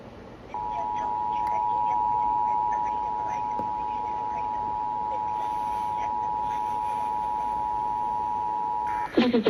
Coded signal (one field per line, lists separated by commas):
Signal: Emergency Alert System (SAME) tones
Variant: 853 and 960 Hz attention tone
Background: speech